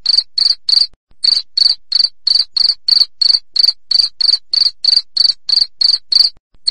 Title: 3.suara Hujan Guntur Suara Jangkrik Dan Burung